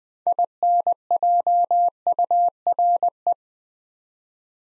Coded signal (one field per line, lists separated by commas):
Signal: Morse code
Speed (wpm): 20 wpm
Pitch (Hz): 700 Hz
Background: none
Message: INJURE